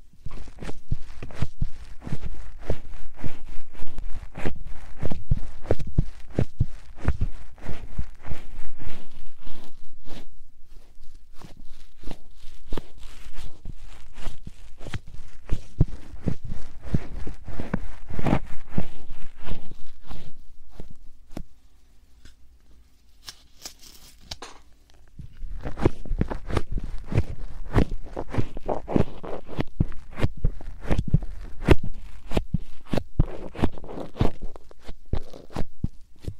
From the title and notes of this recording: 말없이 3가지의 퍼프로 귀를 토닥토닥 해드려요 puff sound.